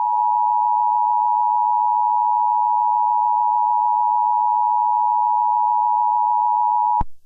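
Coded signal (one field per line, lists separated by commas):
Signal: Emergency Alert System (SAME) tones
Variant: 853 and 960 Hz attention tone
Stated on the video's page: Fictional EAS scenario, not a real alert.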